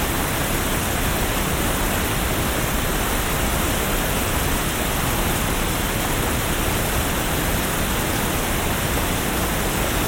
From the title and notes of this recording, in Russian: 3D прогулка по Сочи. Шумящей реки.